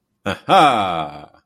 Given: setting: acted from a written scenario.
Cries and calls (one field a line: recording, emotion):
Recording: vocal sound without words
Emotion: pride